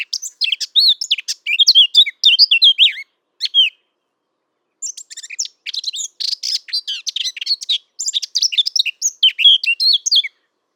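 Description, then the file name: Eurasian blackcap song: dense warbling phrases of scratchy and whistled notes, a short pause near four seconds, then a longer continuous warble. "Sylvia atricapilla"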